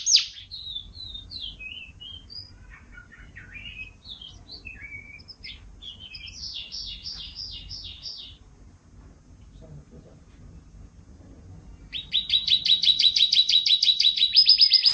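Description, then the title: Bird song, a varied series of high whistled and chirping phrases with quick slurred notes, then after a pause a loud, rapid trill; low rumbling noise underneath. "Kicau Burung Yoi"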